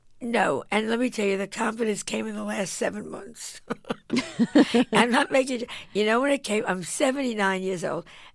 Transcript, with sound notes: No. And let me tell you, the confidence came in the last seven months.
(LAUGHTER)
I'm not making - you know when it came? I'm 79 years old